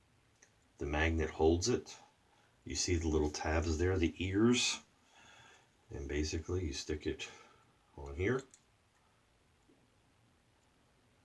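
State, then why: Not seated. Someone talks while positioning a blade adapter on the head of an Enders Speed Shaver safety razor, with a magnet holding it and its little tabs, the "ears," being hooked on before it is slid down. Only faint handling sounds are heard between the speech, and the adapter has not yet snapped or seated into place.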